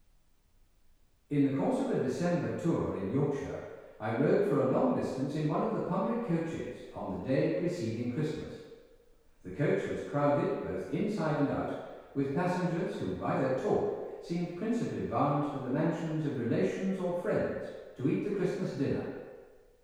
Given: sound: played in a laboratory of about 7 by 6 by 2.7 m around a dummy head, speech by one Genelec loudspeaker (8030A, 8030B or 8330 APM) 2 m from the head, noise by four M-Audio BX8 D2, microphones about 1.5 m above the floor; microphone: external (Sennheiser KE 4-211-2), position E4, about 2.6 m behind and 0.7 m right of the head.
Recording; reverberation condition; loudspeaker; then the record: male speech in English; high; 150 degrees to the left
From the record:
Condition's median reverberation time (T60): about 1300 ms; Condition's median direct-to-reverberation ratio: about -4.0 dB